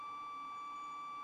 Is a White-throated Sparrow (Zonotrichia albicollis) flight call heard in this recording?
no